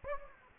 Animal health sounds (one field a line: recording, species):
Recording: mosquito wingbeat signal from an infrared sensor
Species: Anopheles gambiae